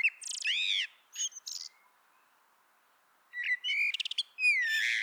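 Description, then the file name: Common blackbird song with a swooping fluted whistle and high twittering notes, a silent pause, then a second phrase of clear whistles ending in squeaky notes. "Turdus merula"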